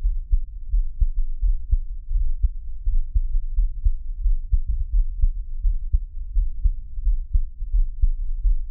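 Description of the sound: Soft, regular low thumps at about 86 beats a minute, a steady adult heartbeat heard close up in a Taiwanese ASMR piece, with faint background hum and no talking.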